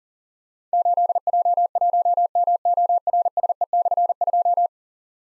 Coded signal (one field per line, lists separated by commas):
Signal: Morse code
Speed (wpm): 40 wpm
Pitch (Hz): 700 Hz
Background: none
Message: 8J1MORSE/2